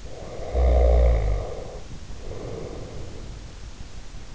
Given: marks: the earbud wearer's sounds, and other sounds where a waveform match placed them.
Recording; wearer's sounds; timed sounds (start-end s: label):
sounds in sleep by an in-ear microphone; snoring breath
0.11-3.42 s: snoring breath